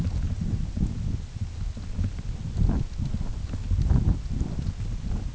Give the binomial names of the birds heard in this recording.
none